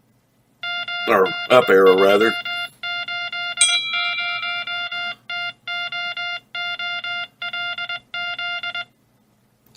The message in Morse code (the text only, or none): MD380TOOLZ